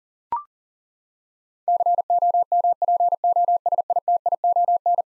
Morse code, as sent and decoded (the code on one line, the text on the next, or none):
-.-. --- -- .--. --- ... .. - .. --- -.
COMPOSITION